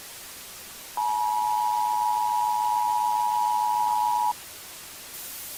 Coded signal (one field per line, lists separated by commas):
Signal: Emergency Alert System (SAME) tones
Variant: 853 and 960 Hz attention tone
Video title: EAS Scenario #8: Volcanic Eruption (REQUEST)